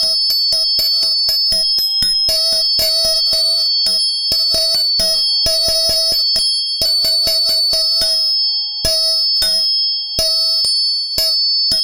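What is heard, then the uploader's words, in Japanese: Tuning forks ring with steady, pure, overlapping tones, one low-mid and several high and piercing, sustained without fading. Sharp taps strike them repeatedly in quick, slightly irregular bursts throughout, with brief pauses near eight and ten seconds. 音叉チューニング3本。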